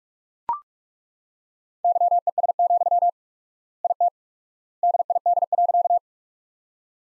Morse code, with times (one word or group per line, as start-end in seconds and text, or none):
1.8-3.1 YES,
3.8-4.1 IT
4.8-6.0 DID.